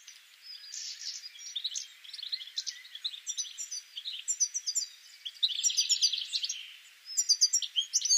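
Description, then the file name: European goldfinch giving busy, high twittering, soft at first and building into rapid tinkling trills and chirps that run with only brief pauses to the end. "Carduelis carduelis"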